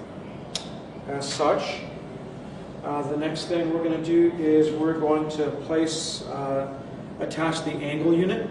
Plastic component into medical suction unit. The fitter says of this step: and you want to snap it in